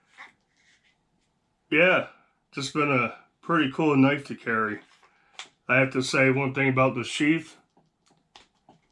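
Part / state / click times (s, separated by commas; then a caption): knife into its retention sheath / partly seated / 8.4 s. Someone talks, then a knife is pushed into its retention sheath and gives a single short click at 8.4 s. It stops at the first click, so it is not fully home, but it still holds in the sheath.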